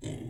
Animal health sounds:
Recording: pig call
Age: weaner (32 to 43 days)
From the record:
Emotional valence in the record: positive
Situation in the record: positive conditioning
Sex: female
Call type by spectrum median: low-frequency call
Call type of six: low-frequency stable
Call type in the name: low-frequency stable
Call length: 0.30 s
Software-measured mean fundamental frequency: 47 Hz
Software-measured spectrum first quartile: 173 Hz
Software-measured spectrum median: 356 Hz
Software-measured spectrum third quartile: 1594 Hz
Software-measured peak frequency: 123 Hz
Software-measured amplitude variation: 139 dB a second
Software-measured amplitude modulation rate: 24.6 a second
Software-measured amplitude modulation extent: 5.6 dB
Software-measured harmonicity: 4.4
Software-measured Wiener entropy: -3.46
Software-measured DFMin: 1103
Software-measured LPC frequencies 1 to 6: 2056, 3149, 3700, 5071, 6291, 7309 Hz

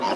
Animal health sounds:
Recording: pig call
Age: piglet (1 to 25 days)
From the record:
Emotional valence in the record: positive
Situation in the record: huddling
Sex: male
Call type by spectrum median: low-frequency call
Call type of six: low-frequency tonal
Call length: 0.16 s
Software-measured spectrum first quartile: 578 Hz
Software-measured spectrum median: 922 Hz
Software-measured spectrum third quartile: 1541 Hz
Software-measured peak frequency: 935 Hz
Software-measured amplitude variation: 74 dB a second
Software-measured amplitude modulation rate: 9.4 a second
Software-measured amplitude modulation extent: 7.9 dB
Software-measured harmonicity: 1.7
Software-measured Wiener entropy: -1.11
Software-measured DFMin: 993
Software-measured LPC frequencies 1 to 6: 922, 2930, 3946, 4770, 6585, 8182 Hz

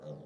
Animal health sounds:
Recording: pig call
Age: piglet (1 to 25 days)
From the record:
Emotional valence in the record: negative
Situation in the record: short isolation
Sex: female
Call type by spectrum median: low-frequency call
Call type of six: low-frequency stable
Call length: 0.27 s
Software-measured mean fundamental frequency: 51 Hz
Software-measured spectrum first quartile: 168 Hz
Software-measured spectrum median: 371 Hz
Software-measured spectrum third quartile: 555 Hz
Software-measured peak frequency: 532 Hz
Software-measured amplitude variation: 113 dB a second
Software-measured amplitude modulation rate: 18.8 a second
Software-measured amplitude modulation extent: 6.0 dB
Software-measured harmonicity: 3.1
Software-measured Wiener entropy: 0.07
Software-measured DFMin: 1080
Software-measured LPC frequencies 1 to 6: 535, 3766, 5494, 6413, 7893, 8901 Hz

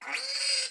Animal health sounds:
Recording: pig call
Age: piglet (1 to 25 days)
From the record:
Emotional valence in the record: negative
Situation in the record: restrain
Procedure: in the arms of a person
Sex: female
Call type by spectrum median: high-frequency call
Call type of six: high-frequency stable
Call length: 0.70 s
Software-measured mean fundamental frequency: 264 Hz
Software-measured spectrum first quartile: 2973 Hz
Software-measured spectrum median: 4540 Hz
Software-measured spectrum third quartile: 5521 Hz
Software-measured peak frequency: 4811 Hz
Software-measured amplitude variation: 138 dB a second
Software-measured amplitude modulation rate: 20.6 a second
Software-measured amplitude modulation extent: 6.7 dB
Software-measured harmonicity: 3.4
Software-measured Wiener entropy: -2.15

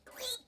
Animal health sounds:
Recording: pig call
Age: piglet (1 to 25 days)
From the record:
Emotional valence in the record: negative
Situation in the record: restrain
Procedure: back test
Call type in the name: high-frequency call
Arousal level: medium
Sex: female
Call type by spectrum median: high-frequency call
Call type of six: high-frequency stable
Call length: 0.47 s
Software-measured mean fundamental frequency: 253 Hz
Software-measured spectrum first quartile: 3009 Hz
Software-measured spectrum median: 4303 Hz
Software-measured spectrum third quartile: 8189 Hz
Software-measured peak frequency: 3758 Hz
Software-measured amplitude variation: 171 dB a second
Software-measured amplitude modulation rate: 14.7 a second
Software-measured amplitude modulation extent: 11.6 dB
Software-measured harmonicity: 5.0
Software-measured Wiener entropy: -2.26

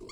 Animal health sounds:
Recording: pig call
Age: weaner (32 to 43 days)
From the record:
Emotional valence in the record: negative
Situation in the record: long isolation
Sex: female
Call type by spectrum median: low-frequency call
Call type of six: high-frequency modulated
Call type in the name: high-frequency modulated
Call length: 0.12 s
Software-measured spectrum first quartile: 312 Hz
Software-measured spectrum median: 1055 Hz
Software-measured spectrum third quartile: 3581 Hz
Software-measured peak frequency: 372 Hz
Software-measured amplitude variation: 101 dB a second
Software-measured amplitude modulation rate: 17.0 a second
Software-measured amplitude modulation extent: 5.9 dB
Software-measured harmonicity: 7.2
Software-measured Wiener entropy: -4.32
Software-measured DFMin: 982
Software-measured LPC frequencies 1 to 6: 386, 1136, 2177, 3291, 4374, 4577 Hz

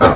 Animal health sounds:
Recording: pig call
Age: growing-finishing pig (85 days or more)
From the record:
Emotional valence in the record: positive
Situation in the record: run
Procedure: transit

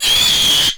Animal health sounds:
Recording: pig call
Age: piglet (1 to 25 days)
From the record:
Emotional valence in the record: negative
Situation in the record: restrain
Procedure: sham castration, cut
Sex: male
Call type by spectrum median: high-frequency call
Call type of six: high-frequency modulated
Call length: 0.78 s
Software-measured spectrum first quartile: 3129 Hz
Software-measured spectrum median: 3785 Hz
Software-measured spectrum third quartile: 6415 Hz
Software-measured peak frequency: 3281 Hz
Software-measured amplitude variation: 56 dB a second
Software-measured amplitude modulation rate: 23.9 a second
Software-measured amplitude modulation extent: 2.4 dB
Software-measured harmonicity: 4.5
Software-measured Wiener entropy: -1.99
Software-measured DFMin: 775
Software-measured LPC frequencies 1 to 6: 966, 3294, 4491, 6297, 6927, 7928 Hz

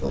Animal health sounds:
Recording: pig call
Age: piglet (1 to 25 days)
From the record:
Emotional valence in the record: positive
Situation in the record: reunion after long isolation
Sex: female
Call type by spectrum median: low-frequency call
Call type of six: low-frequency tonal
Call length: 0.12 s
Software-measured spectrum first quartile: 91 Hz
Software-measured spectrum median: 285 Hz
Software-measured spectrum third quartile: 571 Hz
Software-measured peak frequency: 476 Hz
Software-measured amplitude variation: 76 dB a second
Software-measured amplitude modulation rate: 17.2 a second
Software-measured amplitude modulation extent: 4.4 dB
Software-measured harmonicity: 1.6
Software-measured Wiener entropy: -0.69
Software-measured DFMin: 831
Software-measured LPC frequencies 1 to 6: 465, 2771, 3684, 5110, 5877, 6796 Hz

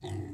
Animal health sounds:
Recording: pig call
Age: weaner (32 to 43 days)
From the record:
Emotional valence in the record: negative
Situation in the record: negative conditioning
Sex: female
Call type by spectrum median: low-frequency call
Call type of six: low-frequency stable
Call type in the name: low-frequency stable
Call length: 0.34 s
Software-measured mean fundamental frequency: 51 Hz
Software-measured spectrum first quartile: 108 Hz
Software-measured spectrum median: 266 Hz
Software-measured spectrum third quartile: 579 Hz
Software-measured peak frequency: 340 Hz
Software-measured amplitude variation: 131 dB a second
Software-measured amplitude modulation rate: 24.7 a second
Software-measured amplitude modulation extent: 5.3 dB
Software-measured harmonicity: -0.8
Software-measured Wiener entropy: -0.49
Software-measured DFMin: 762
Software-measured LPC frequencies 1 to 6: 1963, 3615, 5845, 6967, 7924, 8522 Hz

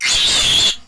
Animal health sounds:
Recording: pig call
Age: piglet (1 to 25 days)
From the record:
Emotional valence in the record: negative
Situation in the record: castration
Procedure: castration, cut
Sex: male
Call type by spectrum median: high-frequency call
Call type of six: high-frequency modulated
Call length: 0.88 s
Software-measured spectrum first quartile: 3141 Hz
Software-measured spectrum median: 3970 Hz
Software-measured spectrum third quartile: 6356 Hz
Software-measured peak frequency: 3421 Hz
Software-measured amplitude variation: 72 dB a second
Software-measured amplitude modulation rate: 16.5 a second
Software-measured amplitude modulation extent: 4.4 dB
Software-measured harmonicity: 3.5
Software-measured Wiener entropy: -1.91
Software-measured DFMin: 1829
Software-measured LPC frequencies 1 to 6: 1057, 2074, 3427, 5703, 7185, 10041 Hz

